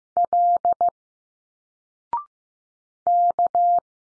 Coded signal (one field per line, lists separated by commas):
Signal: Morse code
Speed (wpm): 15 wpm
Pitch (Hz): 700 Hz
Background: none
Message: L K